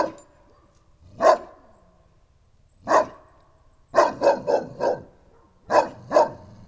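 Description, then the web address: St. Bernard barking: deep single woofs, then a quick run of four barks and a final pair, with irregular gaps between bursts. Farmyard recording of a St. Bernard in Nagykőrös, Hungary. "allathangok parasztudvar kutya bernathegyi nagykoros"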